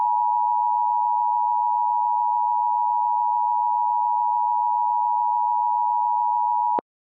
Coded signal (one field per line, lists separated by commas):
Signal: Emergency Alert System (SAME) tones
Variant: 853 and 960 Hz attention tone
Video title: Hawaii Hurricane (EAS Scenario)